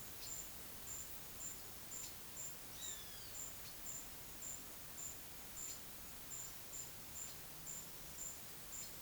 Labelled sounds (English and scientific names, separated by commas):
none